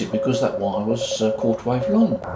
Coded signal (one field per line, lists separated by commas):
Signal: Morse code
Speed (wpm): 23 wpm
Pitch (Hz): 550 Hz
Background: speech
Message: 73 D